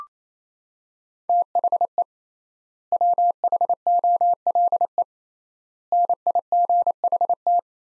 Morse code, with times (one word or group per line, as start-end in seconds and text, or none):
1.3-2.0 THE
2.9-5.0 WHOLE
5.9-7.6 NIGHT